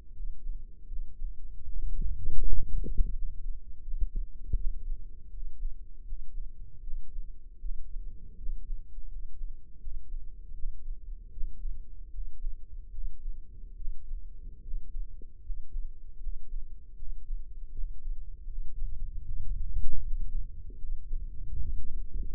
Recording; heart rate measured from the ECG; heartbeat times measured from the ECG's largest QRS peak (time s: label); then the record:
heart sounds by microphone in the left ear; 78 bpm
0.13 s: heartbeat
0.87 s: heartbeat
1.63 s: heartbeat
2.39 s: heartbeat
3.12 s: heartbeat
3.81 s: heartbeat
4.54 s: heartbeat
5.30 s: heartbeat
6.05 s: heartbeat
6.82 s: heartbeat
7.59 s: heartbeat
8.37 s: heartbeat
9.08 s: heartbeat
9.80 s: heartbeat
10.53 s: heartbeat
11.31 s: heartbeat
12.11 s: heartbeat
12.91 s: heartbeat
13.75 s: heartbeat
14.61 s: heartbeat
15.42 s: heartbeat
16.19 s: heartbeat
16.95 s: heartbeat
17.72 s: heartbeat
18.46 s: heartbeat
19.22 s: heartbeat
19.99 s: heartbeat
20.77 s: heartbeat
21.59 s: heartbeat
From the record:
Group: healthy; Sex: male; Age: 35 years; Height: 178 cm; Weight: 64 kg